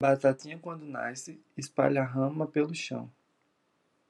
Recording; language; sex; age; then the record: short text; Brazilian Portuguese; male; 20 to 29 years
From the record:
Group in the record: control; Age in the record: 22 years